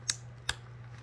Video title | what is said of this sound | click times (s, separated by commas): Complete Installation of Cardo Packtalk Edge with App Setup #cardosystems #PacktalkEdge #howto | and it locked in place I heard it click | 0.1 s, 0.5 s